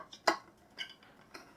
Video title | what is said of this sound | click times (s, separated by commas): XMCOSY+ Solar Pathway Lights: Smart, Colorful, and Motion-Activated - Unboxing and review | locks into place, just turning it clockwise, boom. | 0.3 s